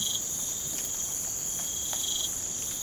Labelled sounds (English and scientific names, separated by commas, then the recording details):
none
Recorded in pastures near Puerto Asís, Putumayo, Colombia, on 30 June 2025 at 04:30
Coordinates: 0.472, -76.331
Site G095